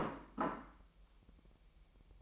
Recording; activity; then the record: daily activity, microphone in the room; place plate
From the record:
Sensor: 1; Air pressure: 1002.1 hPa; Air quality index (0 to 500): 243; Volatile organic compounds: 48 ppm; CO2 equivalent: 3271 ppm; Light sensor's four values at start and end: 8/28/10/11 and 8/28/10/11